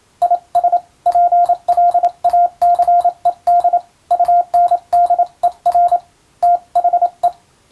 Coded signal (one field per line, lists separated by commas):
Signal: Morse code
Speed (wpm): 27 wpm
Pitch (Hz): 700 Hz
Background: radio noise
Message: IS PLACED UNDER THE